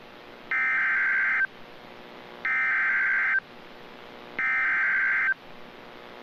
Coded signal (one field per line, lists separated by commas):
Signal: Emergency Alert System (SAME) tones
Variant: header bursts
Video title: (EAS #17) Severe Thunderstorm Warning | 4/16/2024